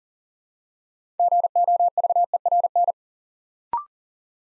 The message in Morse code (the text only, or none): GOVERN